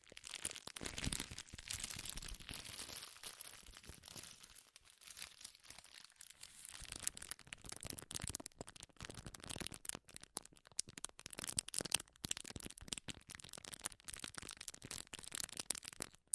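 Crinkling plastic or paper is handled continuously, making a dense, bright crackle of small snaps across the whole clip. The texture thins into sparser, sharper individual crackles with brief gaps after about ten seconds, then stays choppy and irregular to the end.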